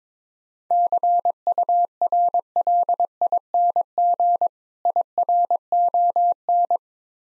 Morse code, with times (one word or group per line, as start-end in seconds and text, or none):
0.7-4.5 CURLING
4.9-6.8 IRON